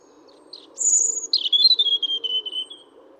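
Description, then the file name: European robin phrase opening with a short note and a very high sustained whistle, followed by a rippling trill that gradually falls in pitch, over a steady low hum. "Erithacus rubecula"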